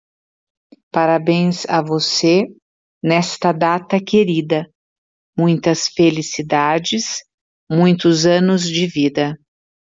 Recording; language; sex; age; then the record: short text; Brazilian Portuguese; female; 50 to 59 years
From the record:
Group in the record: control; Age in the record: 53 years